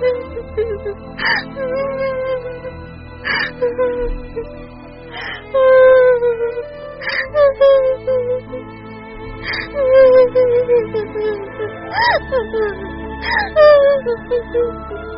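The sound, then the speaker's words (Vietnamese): A woman who has let go of her bike and sat down on the road sobs and cries like a child without pause, sharp gasping breaths catching every couple of seconds between high, wavering whimpers and wails that stay fairly loud throughout. “cô thả xe ra rồi ngồi xuống đường khóc như một đứa con nít.”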